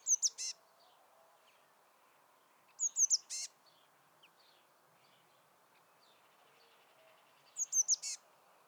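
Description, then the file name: Eurasian blue tit repeating a call three times at uneven intervals: high thin slightly falling notes ending in a short buzzy rattle; otherwise quiet. "Cyanistes caeruleus"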